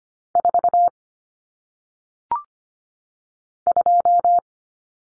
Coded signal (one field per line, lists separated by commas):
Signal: Morse code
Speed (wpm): 25 wpm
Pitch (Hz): 700 Hz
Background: none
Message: 4 2